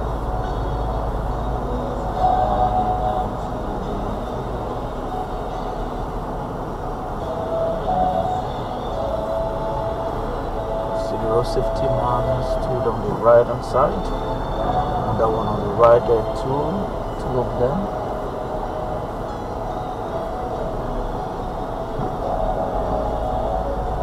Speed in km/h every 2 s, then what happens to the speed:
0, 0, 0, 0, 0, 0, 2, 2, 2, 2, 3, 5.
0-18 standing. 18-24 steady at about 3.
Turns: none.